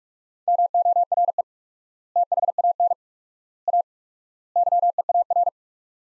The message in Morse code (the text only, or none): MORE THAN A YEAR